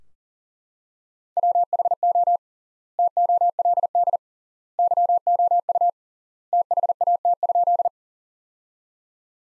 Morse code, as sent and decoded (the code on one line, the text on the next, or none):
.-- .... --- / - --- .-.. -.. / -.-- --- ..- / - .... .- - ..--..
WHO TOLD YOU THAT?